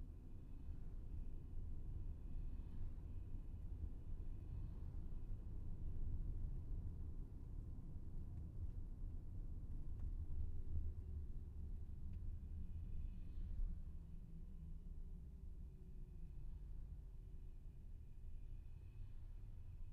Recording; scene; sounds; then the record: everyday scene through a hearing-aid microphone; in a vehicle; engine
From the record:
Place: VW T5 Caravelle, diesel engine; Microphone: behind the ear, left, rear